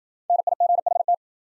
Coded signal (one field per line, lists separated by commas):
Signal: Morse code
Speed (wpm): 53 wpm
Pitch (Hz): 700 Hz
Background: none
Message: NIGHT